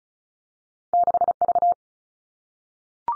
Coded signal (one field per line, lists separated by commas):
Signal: Morse code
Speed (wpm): 36 wpm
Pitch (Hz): 700 Hz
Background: none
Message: 6 V